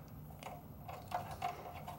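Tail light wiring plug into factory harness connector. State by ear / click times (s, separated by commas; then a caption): not seated / none. A new tail light's wiring plug is pushed into the factory harness connector on a Jeep Wrangler, making a few faint plastic taps and scrapes with a slightly louder tap near the end. The plug has not clicked or seated into the harness connector yet and needs to be pushed farther.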